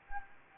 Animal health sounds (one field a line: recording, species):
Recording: mosquito wingbeat signal from an infrared sensor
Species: Anopheles gambiae